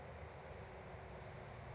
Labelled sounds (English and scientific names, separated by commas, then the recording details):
California Towhee (Melozone crissalis)
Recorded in Sonoma County, California